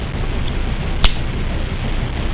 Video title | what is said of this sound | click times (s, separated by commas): Cheap Knife Review | when you hear it snap open it's nice um | 1.0 s